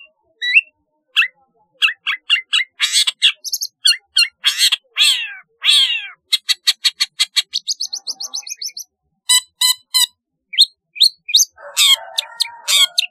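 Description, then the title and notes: Long-tailed shrike song, a long, rapid, varied medley of scratchy chattering notes, buzzy trills, metallic ticks and short whistles, delivered almost without pause. "Kicau Burung Cendet"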